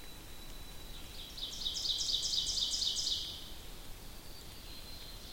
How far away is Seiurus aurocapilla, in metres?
about 50 m